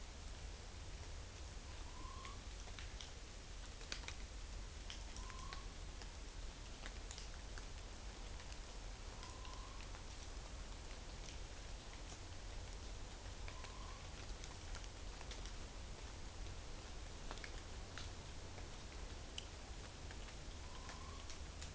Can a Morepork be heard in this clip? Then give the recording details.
yes. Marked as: faintness 5/5. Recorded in New Zealand on 11 September 2013. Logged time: 02:19. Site Ponui